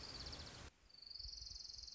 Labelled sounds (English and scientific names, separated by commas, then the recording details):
Orange-crowned Warbler (Leiothlypis celata)
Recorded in Sonoma County, California